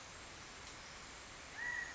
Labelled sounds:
California Quail (Callipepla californica)
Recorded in Sonoma County, California

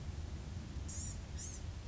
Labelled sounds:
Blue-gray Gnatcatcher (Polioptila caerulea)
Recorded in Sonoma County, California

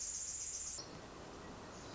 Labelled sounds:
Pacific Wren (Troglodytes pacificus)
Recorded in Sonoma County, California

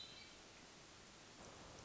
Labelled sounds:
Hermit Thrush (Catharus guttatus)
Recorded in Sonoma County, California

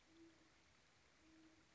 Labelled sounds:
Great Horned Owl (Bubo virginianus)
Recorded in Sonoma County, California

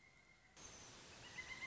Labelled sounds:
Pileated Woodpecker (Dryocopus pileatus)
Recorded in Sonoma County, California

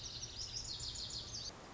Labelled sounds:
Lazuli Bunting (Passerina amoena)
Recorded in Sonoma County, California

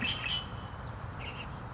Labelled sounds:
Red-winged Blackbird (Agelaius phoeniceus)
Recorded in Sonoma County, California

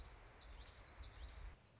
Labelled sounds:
Common Yellowthroat (Geothlypis trichas)
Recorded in Sonoma County, California

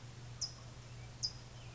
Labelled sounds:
California Towhee (Melozone crissalis)
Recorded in Sonoma County, California

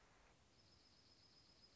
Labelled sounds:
Dark-eyed Junco (Junco hyemalis)
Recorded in Sonoma County, California

